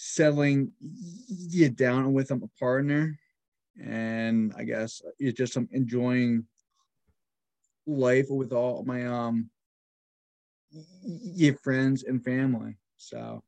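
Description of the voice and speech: A 26-year-old man speaks in short bursts separated by long mid-phrase silences of up to about two seconds. Several sounds are stretched, as in the opening syllables, and there are hesitant restarts: stuttering with prolongations and blocks in otherwise clear, voiced speech.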